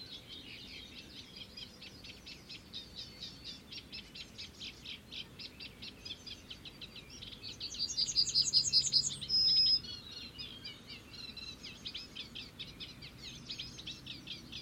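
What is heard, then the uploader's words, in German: Birds chirp in a dense, steady stream of quick high notes, with a louder burst of calls and a sharp whistle around eight to ten seconds. Danach kamen die üblichen Vögel.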